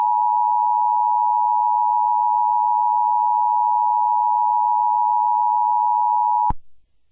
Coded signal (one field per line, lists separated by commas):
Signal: Emergency Alert System (SAME) tones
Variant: 853 and 960 Hz attention tone